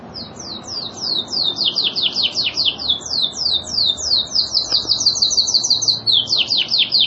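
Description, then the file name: Lizard canary singing a fast series of bright, downslurred whistled notes, several per second, speeding into a tight rolling run after the midpoint, then slowing again at the end. Lizard canary breed. "kenarilizard omkicau"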